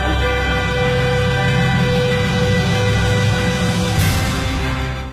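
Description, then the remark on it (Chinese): A loud, steady wailing air raid siren drones on with sustained harmonic tones and a low rumble beneath, holding constant for several seconds before cutting off abruptly, as the Chinese Air Force Fifth Group's planes taxi out to meet Japanese bombers over Wuhan. “警报声中，第五大队的机群在董明德大队长的率领下滑出跑道，中国空军的19架战机已经升空，旋即进入迎战态势。”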